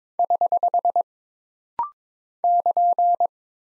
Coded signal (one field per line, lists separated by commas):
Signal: Morse code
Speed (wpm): 22 wpm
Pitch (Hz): 700 Hz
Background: none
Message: <HH> <KN>